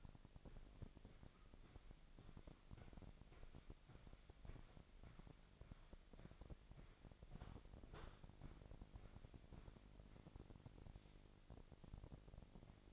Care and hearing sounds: daily activity, microphone in the room; walk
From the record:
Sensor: 5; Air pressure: 1001.7 hPa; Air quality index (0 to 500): 182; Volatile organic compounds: 12 ppm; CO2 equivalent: 2347 ppm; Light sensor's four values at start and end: 32/104/39/42 and 32/104/39/42

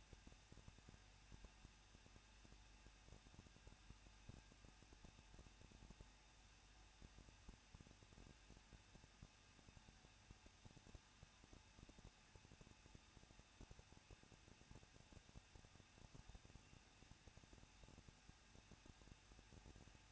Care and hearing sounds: daily activity, microphone in the room; no activity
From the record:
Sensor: 2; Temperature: 21.0 degrees Celsius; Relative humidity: 37.4%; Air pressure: 1006.2 hPa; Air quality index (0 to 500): 221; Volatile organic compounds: 24 ppm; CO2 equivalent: 2801 ppm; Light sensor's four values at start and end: 2/3/2/2 and 2/3/2/2

